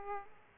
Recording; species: mosquito wingbeat signal from an infrared sensor; Aedes aegypti